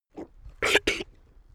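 A faint grunt, then two harsh, explosive coughs in quick succession, each lasting about a fifth of a second: coughs from a sick goat.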